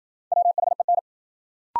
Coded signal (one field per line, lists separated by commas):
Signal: Morse code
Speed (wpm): 53 wpm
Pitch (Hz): 700 Hz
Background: none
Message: WHEN